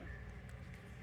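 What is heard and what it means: The plastic wiring harness connector on the electrical system of a Yamaha TT-R50E dirt bike (2006–present) is handled toward its mating plug after dielectric grease has been applied. A steady low rumble fills the clip, with two faint, brief ticks near 0.5 s and 0.7 s. The connector has not seated or clicked in yet.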